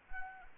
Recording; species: mosquito wingbeat signal from an infrared sensor; Anopheles arabiensis